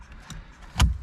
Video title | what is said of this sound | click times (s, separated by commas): 2015+ Ford Mustang Steering Wheel Buttons Replacement | and when it's in it should pop like so | 0.8 s